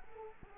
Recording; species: mosquito wingbeat signal from an infrared sensor; Culex quinquefasciatus